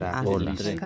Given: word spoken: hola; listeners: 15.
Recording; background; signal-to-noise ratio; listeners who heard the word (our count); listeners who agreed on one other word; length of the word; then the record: one Spanish word in noise, from a listening test; four-talker babble; -0.1 dB; 0 of 15; 9 of 15; 0.45 s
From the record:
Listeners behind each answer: 9, 2, 1, 1, 1, 1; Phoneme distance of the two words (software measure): 7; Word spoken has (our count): 2 syllables, 3 phonemes, stress on syllable 1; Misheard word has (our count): 2 syllables, 4 phonemes, stress on syllable 1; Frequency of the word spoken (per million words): 11.40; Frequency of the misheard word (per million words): 34.15